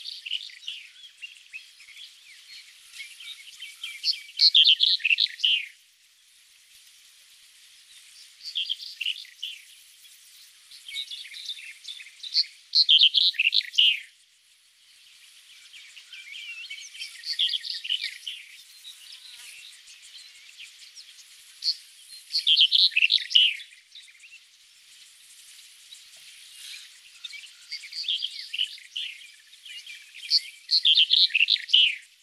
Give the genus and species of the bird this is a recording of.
Emberiza bruniceps